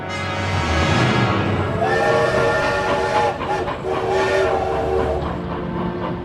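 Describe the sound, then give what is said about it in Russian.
A train rumbles past with a steady, heavy low roar while a steam whistle sounds over it, its tones holding steady and shifting slightly for several seconds, loud throughout. “Поезд был сформирован в Балагом только до Чудова.”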